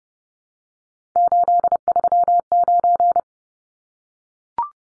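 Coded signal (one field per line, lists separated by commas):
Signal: Morse code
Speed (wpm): 30 wpm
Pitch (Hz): 700 Hz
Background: none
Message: 839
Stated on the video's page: Head-copy drill of three-digit numbers sent in Morse at 30 wpm, each number sent, then spoken, then sent again.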